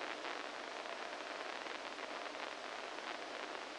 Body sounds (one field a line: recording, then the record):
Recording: brain microelectrode recording played as sound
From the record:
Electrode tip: inside the subthalamic nucleus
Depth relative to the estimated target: -1 mm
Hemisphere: right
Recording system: NeuroSet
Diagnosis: Parkinson's disease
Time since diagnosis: 14 years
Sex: male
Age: 51 years